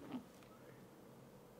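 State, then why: Not seated. A motor cable plug is handled at the stepper motor socket of a Sainsmart Genmitsu 3018 PRO desktop CNC machine, with a brief low buzzing bump near 0.15 s followed by a steady low hum. The plug is not yet home, and nothing has seated or clicked yet.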